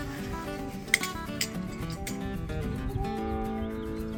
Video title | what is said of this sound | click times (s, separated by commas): Installation of EROMMY 10x15 foot Pop Up Canopy | All right, so now you're gonna lift this up until it clicks. | 0.9 s